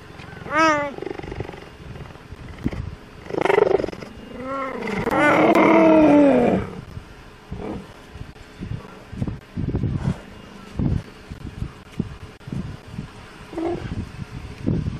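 Cheetah calling with several descending harmonic chirps, then a longer wavering call lasting about two seconds, followed by a series of short pulsed churring sounds.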